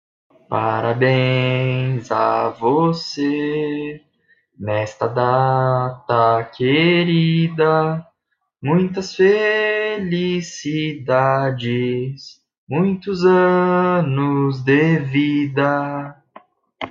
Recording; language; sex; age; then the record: short text; Brazilian Portuguese; male; 20 to 29 years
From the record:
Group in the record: control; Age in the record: 27 years